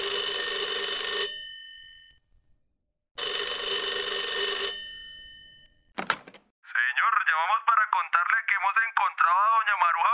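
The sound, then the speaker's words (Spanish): A telephone rings twice in long, harmonic electronic bursts separated by a pause, followed by a sharp click like a receiver lifting, then a person begins speaking. “Un día, el teléfono timbró con una noticia, una voz de aliento para todos.”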